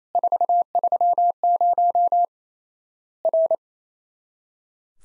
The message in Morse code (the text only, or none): 430 R